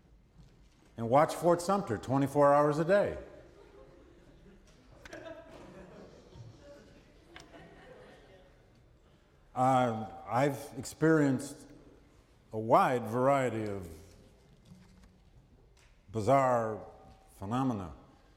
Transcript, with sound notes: and watch Fort Sumter twenty four hours a day. [Laughter] I’ve experienced a wide variety of bizarre phenomena